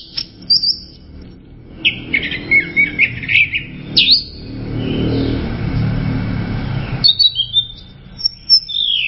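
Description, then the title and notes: Bird chirps: bright, high twittering phrases, a noisy hissing stretch in the middle, then more quick chirps. "Bird Sound. Kicau Burung Lengkap"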